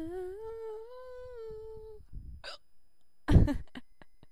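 An adult's held, steady voiced tone breaks off, followed by a sudden, sharp hiccup with a brief throaty catch.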